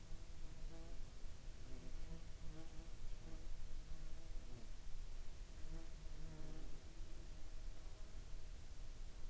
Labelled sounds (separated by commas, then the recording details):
insects
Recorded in the Arctic National Wildlife Refuge, Alaska, on 14 July 2019 at 19:20
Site 49